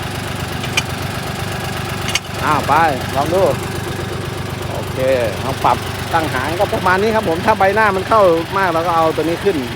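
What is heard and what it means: On a tractor's three-point hitch link, a metal adjusting handle is turned another half turn until it drops into its locking detent. Over an idling engine, sharp hits are heard at 0.8 s and 2.2 s, and the handle is seated in its lock. Then someone talks.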